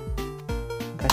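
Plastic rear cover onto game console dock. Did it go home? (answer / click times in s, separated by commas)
yes / 1.1 s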